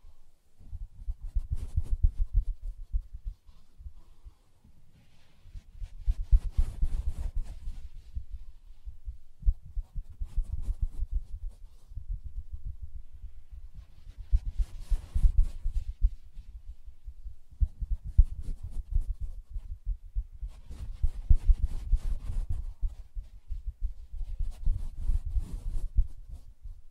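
Soft tapping and scratching on fabric, dense low thumps in bursts, with brighter scratchy swells around 2, 7, 15, 18, 22 and 25 seconds.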